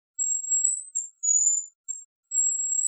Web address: Bonasa bonasia